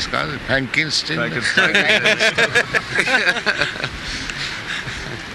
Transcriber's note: laughter